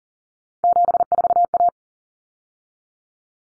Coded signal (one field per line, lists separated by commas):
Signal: Morse code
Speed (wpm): 40 wpm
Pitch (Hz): 700 Hz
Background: none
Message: 74A